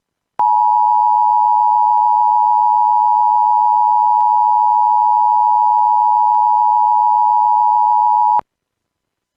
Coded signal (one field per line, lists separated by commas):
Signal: Emergency Alert System (SAME) tones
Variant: 853 and 960 Hz attention tone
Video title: EAS Alerts from the week of 11/21/2020 EAS#34 37